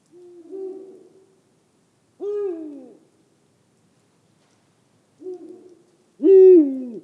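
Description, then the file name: Eurasian eagle-owl giving four deep hoots in two pairs, each pair ending with a louder, harsher, downward-sliding note. Recorded close up. "Digiffects Sound Effects Library - Close Eagle Owl"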